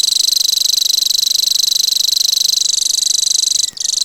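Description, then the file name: Common grasshopper warbler song: a high, fast, even reel that stops abruptly for a split second near the end, then resumes. "grasshopper warbler omkicau"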